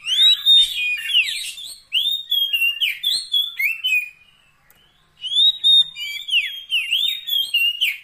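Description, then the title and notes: Oriental magpie-robin: loud, sweet whistles and slurred chirps in two long bursts separated by a short pause. Fill-in (isian) song meant to make the bird sing loudly (gacor) day and night. "Kacer Jadi Gacor Siang Malam. Isian Kacer"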